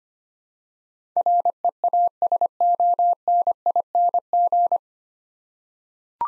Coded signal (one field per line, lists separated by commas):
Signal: Morse code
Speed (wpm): 25 wpm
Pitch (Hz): 700 Hz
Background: none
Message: REASONING